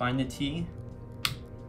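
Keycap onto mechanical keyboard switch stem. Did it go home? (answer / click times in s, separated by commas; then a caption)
yes / 1.2 s. A plastic keycap is dropped onto the cross stem of a Redragon mechanical keyboard switch and pressed down while someone talks. One sharp snap at 1.2 s marks the keycap seating onto the switch stem.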